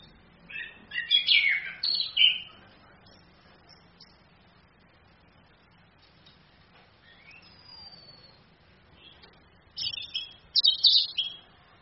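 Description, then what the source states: Orange-headed thrush song: two bursts of scratchy, varied high notes, with a thin descending whistle and soft notes between them. Female bird; recording used as a training master for other birds, played from a phone screen.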